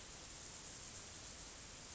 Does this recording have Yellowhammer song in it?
no